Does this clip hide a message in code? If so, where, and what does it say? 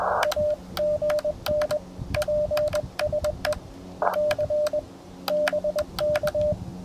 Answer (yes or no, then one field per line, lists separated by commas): yes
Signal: Morse code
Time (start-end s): 0.3-6.5 s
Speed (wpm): 21 wpm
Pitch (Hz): 600 Hz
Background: radio noise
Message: AGN PSE C BK